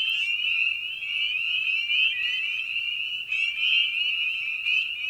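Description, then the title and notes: Spring peepers calling together, a constant high ringing of overlapping upslurred peeps, a few distinct louder peeps breaking through. Evening at a frog pond; tiny amphibian known for its distinctive song. "Episode 5: Night of the Peepers. we return to the frog pond for a meditative evening. Species in Focus: Spring Peeper (Pseudacris crucifer). Ian Carlsen"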